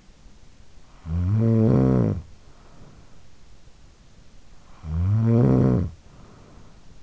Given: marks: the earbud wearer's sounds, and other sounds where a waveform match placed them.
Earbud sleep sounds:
sounds in sleep by an in-ear microphone; snoring breath
0.41-3.40 s: snoring breath
4.28-7.03 s: snoring breath

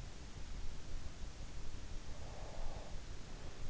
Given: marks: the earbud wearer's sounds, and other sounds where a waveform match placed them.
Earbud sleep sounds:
sounds in sleep by an in-ear microphone; breath
2.20-3.60 s: breath

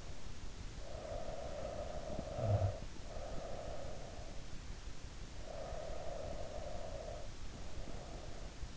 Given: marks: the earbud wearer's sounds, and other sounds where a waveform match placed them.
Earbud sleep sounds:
sounds in sleep by an in-ear microphone; snoring breath, breath
0.70-4.17 s: snoring breath
5.38-8.77 s: breath

